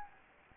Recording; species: mosquito wingbeat signal from an infrared sensor; Anopheles gambiae